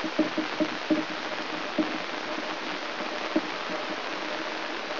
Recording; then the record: brain microelectrode recording played as sound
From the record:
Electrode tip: inside the subthalamic nucleus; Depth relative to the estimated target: -2 mm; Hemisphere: left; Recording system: AlphaMap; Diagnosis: Parkinson's disease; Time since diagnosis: 13 years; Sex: male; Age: 62 years